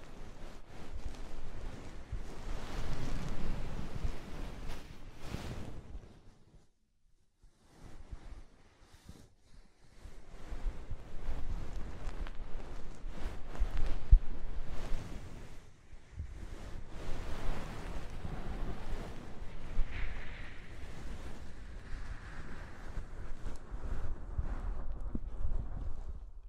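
Soft, fluffy ASMR triggers rubbed over the microphone make a dense, whooshing rustle with a low rumble beneath. The sound drops out around 6 and again near 8–9 seconds, dips briefly at 15, then steady rubbing returns with a brighter swish near 20 seconds.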